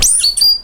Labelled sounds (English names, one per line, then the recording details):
Stitchbird song
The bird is a male
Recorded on Tiritiri Matangi Island, New Zealand, in 2005
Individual 22, of nest box 31